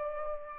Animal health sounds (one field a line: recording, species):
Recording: mosquito wingbeat signal from an infrared sensor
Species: Aedes aegypti